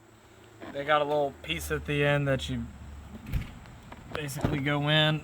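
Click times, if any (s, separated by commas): none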